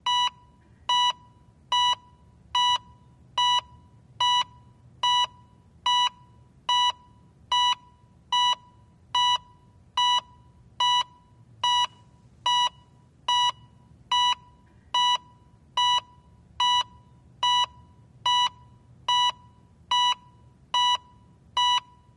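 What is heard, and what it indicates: Short, clear electronic beeps with a bright tone repeat at a very even pace of about 72 a minute over a faint low hum: a heart monitor sounding a steady, regular pulse, as used for heartbeat and EKG sound effects.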